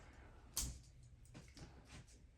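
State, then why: Seated. The movable cutter insert in the bottom of a metal Gerber multitool's pliers jaw is worked in and out, which is a bit tough to do. A sharp, loud click at 0.6 s marks it snapping into place to lock, followed by fainter ticks around 1.3 s and 1.6 s. The cutter insert is seated and locked.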